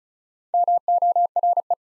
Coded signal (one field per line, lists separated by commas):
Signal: Morse code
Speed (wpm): 36 wpm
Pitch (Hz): 700 Hz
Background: none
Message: MORE